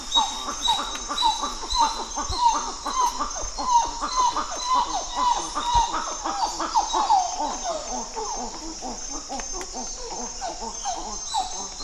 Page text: Plecturocebus cupreus. Gr 1 duet 20181012 062700